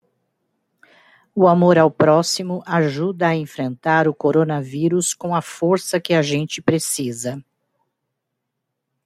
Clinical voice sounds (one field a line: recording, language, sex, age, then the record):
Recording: spoken sentence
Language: Brazilian Portuguese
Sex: female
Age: 50 to 59 years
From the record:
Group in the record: control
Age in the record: 59 years